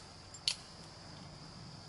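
The barrel latch on a derringer's frame is released, and the steel barrels tip open with a single sharp metallic click at 0.5 s. Before and after the click there is only a faint steady background hiss and hum. The latch releases and the barrels swing open.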